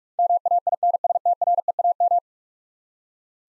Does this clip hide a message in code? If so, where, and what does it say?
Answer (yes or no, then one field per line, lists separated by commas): yes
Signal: Morse code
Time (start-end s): 0.2-2.2 s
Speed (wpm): 46 wpm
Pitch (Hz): 700 Hz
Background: none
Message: MAINSTREAM